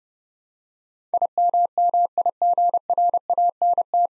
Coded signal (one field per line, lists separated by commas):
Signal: Morse code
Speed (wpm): 32 wpm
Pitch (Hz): 700 Hz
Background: none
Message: IMMIGRANT